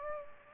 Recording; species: mosquito wingbeat signal from an infrared sensor; Aedes aegypti